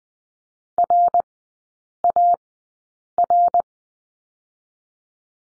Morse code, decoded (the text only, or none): RAR